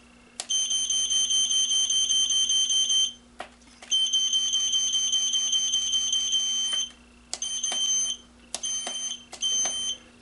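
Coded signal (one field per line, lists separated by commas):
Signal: beep code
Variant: servo tester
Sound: four long, shrill, slightly pulsing piezo beeps, the first two about three seconds each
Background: low electrical hum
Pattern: 4 long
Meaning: A long beep means the servo is at the center of its travel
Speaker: we hear the long beep and then I'm gonna go right I hear long beep either way I push it that means I meant to send the travel pushing either side if I can hear that long beep I'm at the center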